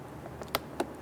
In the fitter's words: and it just kind of pops into place install the connector on